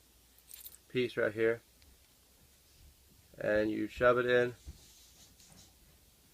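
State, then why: Not seated. The small pin on a handcuff key is handled against the double-lock slot of metal handcuffs, the step that stops the cuff from tightening further. A couple of faint ticks come near the start while someone talks in two bursts. Nothing has seated or clicked yet.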